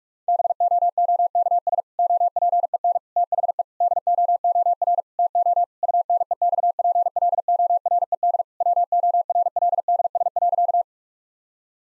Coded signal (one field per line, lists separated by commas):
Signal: Morse code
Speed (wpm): 46 wpm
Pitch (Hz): 700 Hz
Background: none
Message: BOOKS OPEN THE DOOR TO UNEXPLORED WORLDS.